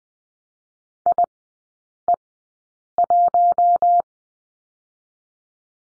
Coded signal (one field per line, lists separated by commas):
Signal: Morse code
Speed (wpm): 20 wpm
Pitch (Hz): 700 Hz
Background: none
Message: IE1